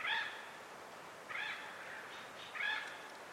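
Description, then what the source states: Mexican Whip-poor-will song, a buzzy rolling phrase given three times, about every one and a quarter seconds, against quiet background noise. Recorded April 23, 2022, at a canyon trailhead in the Chiricahua Mountains, southeast Arizona, near Portal; species heard first; in the contiguous US found only in a very small range, mostly in southeast Arizona.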